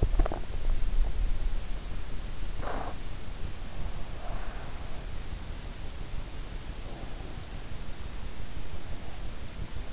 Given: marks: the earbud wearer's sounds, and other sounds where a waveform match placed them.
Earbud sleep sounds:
sounds in sleep by an in-ear microphone; swallowing, breath
0.00-0.86 s: swallowing
2.39-5.12 s: breath

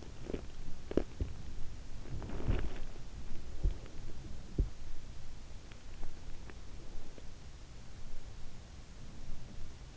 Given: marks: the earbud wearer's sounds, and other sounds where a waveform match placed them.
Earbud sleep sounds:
sounds in sleep by an in-ear microphone; swallowing, teeth grinding, body movement
0.00-0.64 s: swallowing
0.78-1.44 s: teeth grinding
1.93-3.47 s: body movement

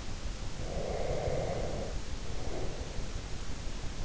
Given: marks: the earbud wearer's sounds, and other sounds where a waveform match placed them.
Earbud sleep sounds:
sounds in sleep by an in-ear microphone; breath
0.66-3.06 s: breath

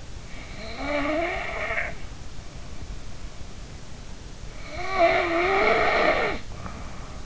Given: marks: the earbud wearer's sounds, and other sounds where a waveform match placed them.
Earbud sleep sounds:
sounds in sleep by an in-ear microphone; snoring breath
0.41-1.98 s: snoring breath
4.61-7.25 s: snoring breath

